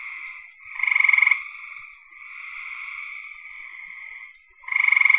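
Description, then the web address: Frog calls: a continuous high buzz with two louder, rapidly pulsed bursts standing out above it. "cn frogs"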